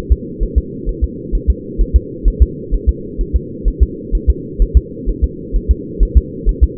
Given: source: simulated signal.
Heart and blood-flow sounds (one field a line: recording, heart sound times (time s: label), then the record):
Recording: fetal heart sounds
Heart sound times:
0.12 s: S2
0.43 s: S1
0.58 s: S2
0.89 s: S1
1.04 s: S2
1.35 s: S1
1.50 s: S2
1.81 s: S1
1.96 s: S2
2.28 s: S1
2.43 s: S2
2.74 s: S1
2.89 s: S2
3.21 s: S1
3.36 s: S2
3.68 s: S1
3.83 s: S2
4.15 s: S1
4.30 s: S2
4.62 s: S1
4.77 s: S2
5.09 s: S1
5.24 s: S2
5.56 s: S1
5.71 s: S2
6.03 s: S1
6.18 s: S2
6.49 s: S1
6.64 s: S2
From the record:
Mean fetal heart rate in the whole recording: 130 bpm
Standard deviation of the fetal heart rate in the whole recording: 2 bpm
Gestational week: 36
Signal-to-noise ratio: -4.1 dB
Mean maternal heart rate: no maternal heart sound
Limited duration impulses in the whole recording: absent